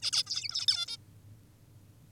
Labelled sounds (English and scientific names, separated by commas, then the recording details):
Zebra Finch (Taeniopygia guttata)
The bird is an adult
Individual g19o10U